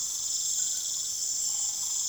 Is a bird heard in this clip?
no